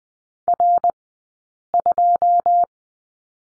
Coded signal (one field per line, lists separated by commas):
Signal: Morse code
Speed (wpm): 20 wpm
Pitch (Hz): 700 Hz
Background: none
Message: R2